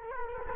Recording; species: mosquito wingbeat signal from an infrared sensor; Culex quinquefasciatus